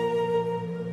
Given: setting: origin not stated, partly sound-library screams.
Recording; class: one-second piece from a danger detection set; normal situation